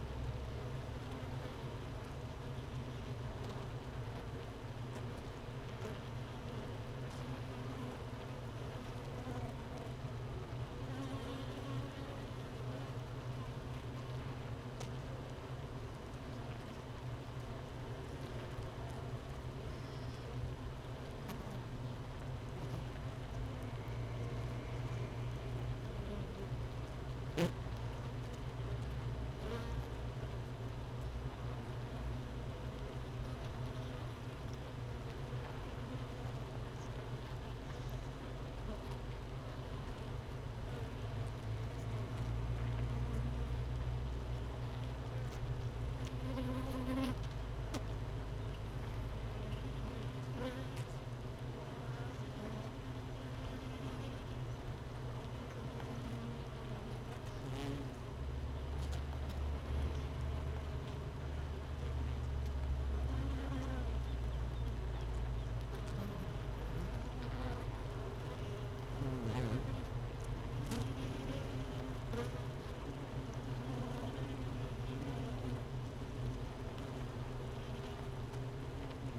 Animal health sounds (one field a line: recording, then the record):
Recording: honeybee colony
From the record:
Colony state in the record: missing queen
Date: 31 May 2018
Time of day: 13:22